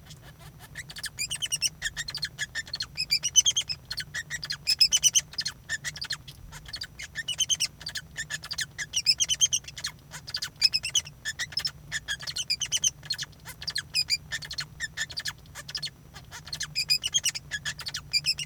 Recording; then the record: song of a male Bengalese finch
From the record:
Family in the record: son of father 2